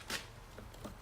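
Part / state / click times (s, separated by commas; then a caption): plastic mirror cap onto side mirror housing / not seated / none. A plastic mirror cap is handled against the side mirror housing of a Focus RS, lined up on its bottom tabs before being rolled on. A brief rustling scrape of plastic is heard near 0.1–0.2 s, with faint light taps around 0.6 s and 0.85 s over a low steady background. Nothing has seated or snapped in yet.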